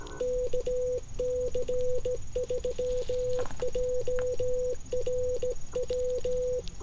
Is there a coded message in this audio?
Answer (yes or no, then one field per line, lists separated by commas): yes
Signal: Morse code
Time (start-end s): 0.2-6.6 s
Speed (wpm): 15 wpm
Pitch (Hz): 500 Hz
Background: none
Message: KC3JRW